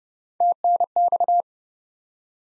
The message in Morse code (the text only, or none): TNX